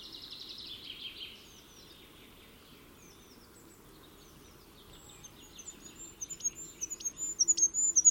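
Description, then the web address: Bird calls: faint quick twittering at the start, a quiet gap, then sharp high chirps and thin whistles growing louder and more frequent toward the end. "birddata Deverinetal 2025"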